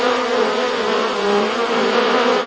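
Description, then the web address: Bees buzzing, a dense continuous drone holding steady and loud throughout. "antognini bees"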